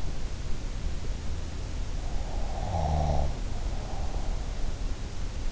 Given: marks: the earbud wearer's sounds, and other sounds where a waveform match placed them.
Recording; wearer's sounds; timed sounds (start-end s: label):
sounds in sleep by an in-ear microphone; snoring breath
2.57-4.22 s: snoring breath